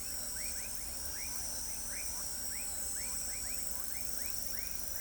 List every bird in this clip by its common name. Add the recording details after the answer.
none. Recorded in pastures near Pivijay, Magdalena, Colombia, on 4 June 2023 at 21:00. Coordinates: 10.456, -74.369. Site P6-G026